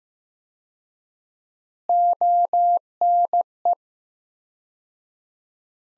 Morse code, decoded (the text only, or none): ONE